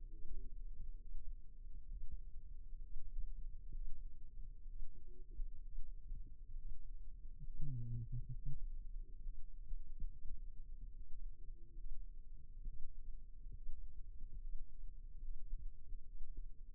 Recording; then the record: forearm muscle sounds (acoustic myography)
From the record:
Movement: rest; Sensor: system 2, bracelet of six BSWA MPA416 microphones around the upper forearm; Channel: 6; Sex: male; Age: 22 years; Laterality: right